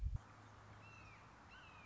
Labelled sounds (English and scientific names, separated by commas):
Red-shouldered Hawk (Buteo lineatus)